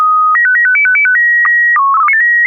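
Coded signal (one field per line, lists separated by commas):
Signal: SSTV (slow-scan television)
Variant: PD 120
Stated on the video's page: SSTV net on an FM repeater at 441.30 MHz.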